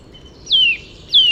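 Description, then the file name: Eurasian nuthatch giving two clear descending whistled calls in quick succession, loud against a quiet background. "Sitta europaea"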